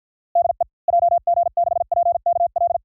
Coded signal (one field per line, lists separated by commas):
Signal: Morse code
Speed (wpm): 52 wpm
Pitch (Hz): 690 Hz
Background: none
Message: DE JG6PKL